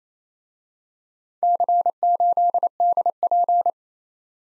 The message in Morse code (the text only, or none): C8DP